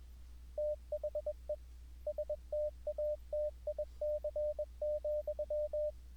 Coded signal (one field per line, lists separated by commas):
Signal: Morse code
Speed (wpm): 21 wpm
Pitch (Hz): 600 Hz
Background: none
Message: THE STATIC,